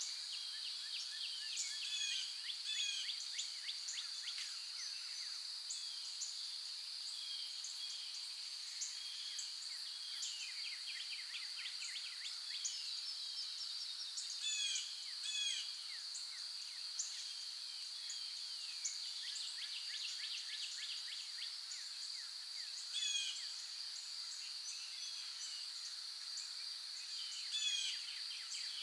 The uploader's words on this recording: Birds and Insects in the Morning.